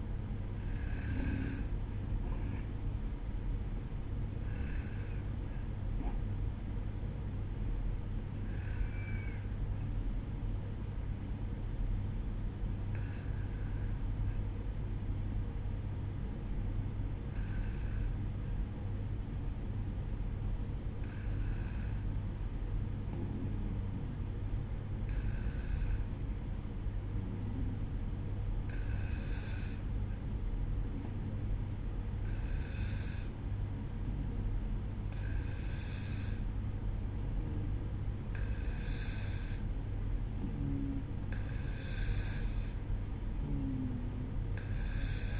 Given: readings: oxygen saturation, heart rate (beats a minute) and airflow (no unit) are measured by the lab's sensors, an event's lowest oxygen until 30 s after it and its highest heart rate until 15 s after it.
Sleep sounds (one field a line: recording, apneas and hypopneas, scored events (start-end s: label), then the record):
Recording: breathing in sleep by a smartphone at the bedside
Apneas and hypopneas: 1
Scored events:
5.00-36.40 s: hypopnea (N2, oxygen 95% highest, then 92% lowest, heart rate 58 at the start, 64 highest)
From the record:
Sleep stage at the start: N2 (light sleep)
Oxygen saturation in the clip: 93 to 95%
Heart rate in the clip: 57 to 61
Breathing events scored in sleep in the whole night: 305 in 9.6 hours asleep